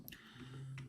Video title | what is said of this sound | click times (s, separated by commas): KBB MP10-V Review transformation | I just felt a satisfying clicker so he can hold it but it doesn't look like his | 0.1 s